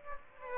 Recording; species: mosquito wingbeat signal from an infrared sensor; Aedes aegypti